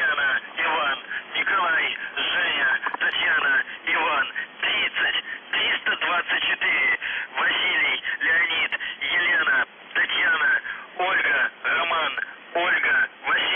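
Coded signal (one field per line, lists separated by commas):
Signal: numbers station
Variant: UVB-76 voice message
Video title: The Buzzer/UVB-76 Voice Message March 18, 2021 07:22 UTC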